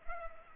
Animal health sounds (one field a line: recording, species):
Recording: mosquito wingbeat signal from an infrared sensor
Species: Culex pipiens